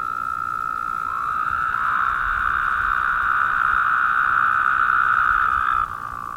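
Woodhouse's toads sustain a loud, nasal, buzzy drone that rises in volume before one call ends sharply near the finish.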